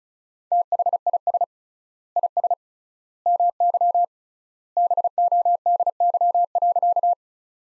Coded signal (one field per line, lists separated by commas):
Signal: Morse code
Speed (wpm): 34 wpm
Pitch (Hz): 700 Hz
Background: none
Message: THIS IS MY BODY.